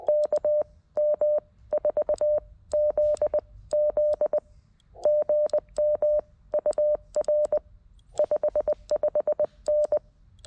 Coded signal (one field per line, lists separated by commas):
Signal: Morse code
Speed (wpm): 20 wpm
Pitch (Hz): 590 Hz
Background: none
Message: KM4ZZ GM UR 55N